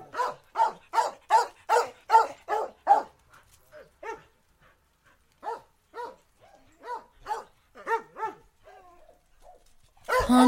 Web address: barking dogs